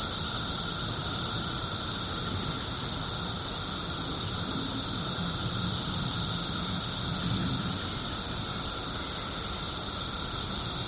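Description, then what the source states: Periodical cicadas in chorus: an unbroken, high, hissing drone that holds steady throughout, with a faint low rumble beneath. 17-year periodical cicadas, recorded 21 June 2007 at 5:05 pm.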